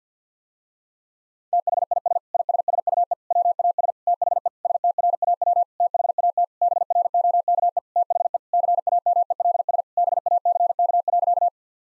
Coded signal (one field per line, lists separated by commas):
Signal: Morse code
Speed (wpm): 50 wpm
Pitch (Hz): 700 Hz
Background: none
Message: THIS ISSUE WAS THE STRAW THAT BROKE THE CAMELS BACK.